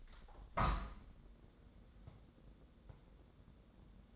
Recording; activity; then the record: daily activity, microphone in the room; open window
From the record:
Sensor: 3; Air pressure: 1012.2 hPa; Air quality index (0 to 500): 101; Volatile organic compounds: 1 ppm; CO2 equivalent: 800 ppm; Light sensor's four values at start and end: 178/428/174/162 and 184/441/181/169